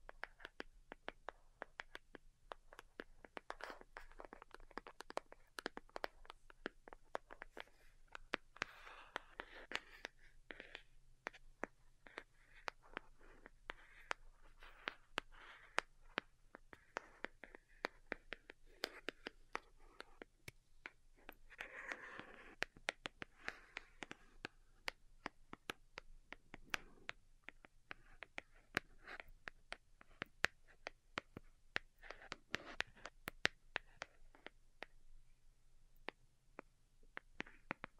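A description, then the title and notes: Delicate tapping runs the whole way through, with dense, quick, uneven clicks crisp at the top end. Soft rustling swells come and go beneath them, strongest near the middle, over a faint steady low hum. ASMR DELICATE Tapping for Sleep (No Talking).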